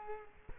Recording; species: mosquito wingbeat signal from an infrared sensor; Culex quinquefasciatus